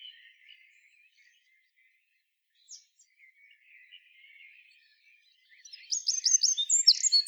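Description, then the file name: Eurasian wren song, a rapid high trill with sharp notes entering near the end after faint background twittering and a brief chirp. "Troglodytes troglodytes"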